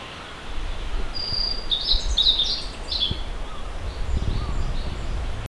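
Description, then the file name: Blue-and-white flycatcher giving one short burst of high, sweet whistled notes amid constant low-frequency background noise. "ooruri"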